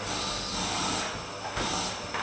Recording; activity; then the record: daily activity, microphone in the room; vacuum cleaning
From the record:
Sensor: 2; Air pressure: 995.1 hPa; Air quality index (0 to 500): 50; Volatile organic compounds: 1 ppm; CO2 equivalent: 782 ppm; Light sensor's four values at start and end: 16/52/20/19 and 16/52/20/19